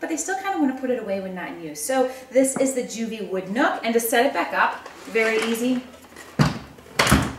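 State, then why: Seated. Someone talks while a Joovy WoodNook wooden folding high chair is unfolded and its frame is pushed open until it locks. A single sharp snap at 7.0 s marks the frame seating into place.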